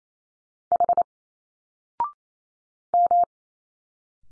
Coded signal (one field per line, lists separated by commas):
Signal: Morse code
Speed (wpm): 28 wpm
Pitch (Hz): 700 Hz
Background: none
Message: H M